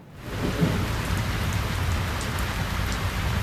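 A radio jingle for the Solta a Vinheta segment of the Poeira Criativa programme opens with steady, heavy rainfall hissing across the whole spectrum and a low rumbling of thunder underneath, holding an even loudness throughout with no voices.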